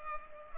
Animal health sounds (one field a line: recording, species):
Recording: mosquito wingbeat signal from an infrared sensor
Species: Culex pipiens